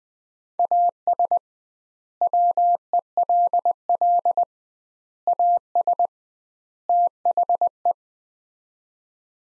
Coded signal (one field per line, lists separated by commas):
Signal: Morse code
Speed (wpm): 20 wpm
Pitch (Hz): 700 Hz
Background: none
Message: AS WELL AS THE